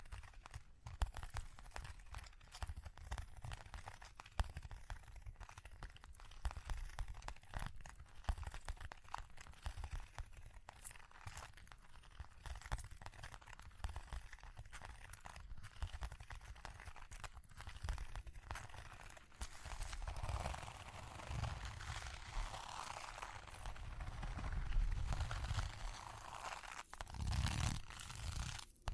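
Tapping and scratching, like ear cleaning, run in quick, dense, uneven bursts of short crackly clicks over a soft low rumble. After about twenty seconds the scratching turns louder and more continuous, with a rustling, crinkly texture and deep thuds near the end.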